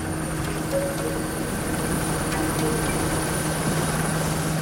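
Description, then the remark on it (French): A French Air Force Super Puma military helicopter lands on the lawn at Furiani, its rotor and turbine engine roaring steadily, a dense, unbroken drone with a low throbbing beat and a thin high whine riding on top, with no voices. “Une demi-heure plus tard, un premier hélicoptère Super Puma de l'armée de l'air se pose sur la pelouse de Furiani.”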